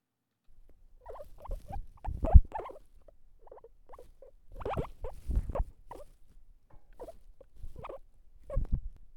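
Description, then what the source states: Guinea pig calling with short notes scattered irregularly throughout, a few louder than the rest. Guinea pig talking.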